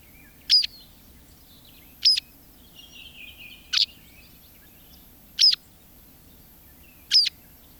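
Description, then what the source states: White Wagtail calls: five sharp, clipped chirps spaced fairly evenly, with a soft warbling twitter in the middle. Field recording from Finland by Ilkka Heiskanen, released on cassette in 1987.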